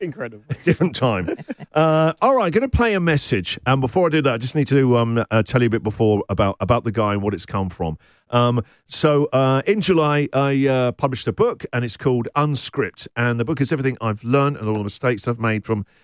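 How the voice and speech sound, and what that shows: An adult male radio host speaks in a steady, mid-low voice at a relaxed conversational pace, with only brief pauses and a couple of ordinary 'um' fillers. Articulation is clear and the voice is clean. This is normal fluent speech with no sign of a speech disorder.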